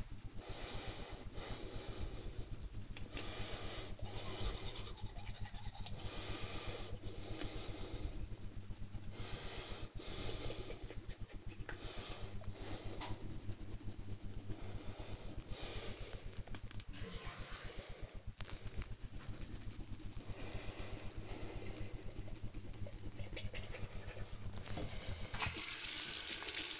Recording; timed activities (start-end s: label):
household activities, microphone on the right wrist
0.00-26.80 s: brushing teeth